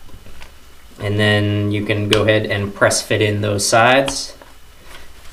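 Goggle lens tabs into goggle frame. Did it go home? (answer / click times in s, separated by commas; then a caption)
yes / 0.4 s. A plastic Proflex paintball goggle lens is press-fitted into its frame, nose tabs first, into the holes at the bottom. A single sharp, short snap sounds at 0.4 s as the tabs seat, and then someone talks. The lens tabs are snapped into the frame.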